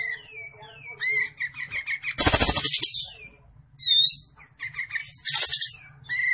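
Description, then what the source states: Olive-winged bulbul delivering rapid repeated chirps, then a loud rasping rattle, looping whistled notes and another harsh buzzy burst; low background hum throughout. Olive-winged bulbul singing vigorously (gacor); training recording (masteran) for cage birds.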